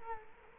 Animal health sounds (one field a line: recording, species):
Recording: mosquito wingbeat signal from an infrared sensor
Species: Culex quinquefasciatus